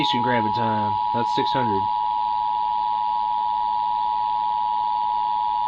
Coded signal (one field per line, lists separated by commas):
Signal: Emergency Alert System (SAME) tones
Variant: 853 and 960 Hz attention tone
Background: speech